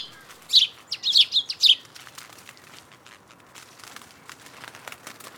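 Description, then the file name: House sparrow chirping: a quick burst of five short, sharp chirps early on, then only faint clicks and rustling background noise. "Passer domesticus"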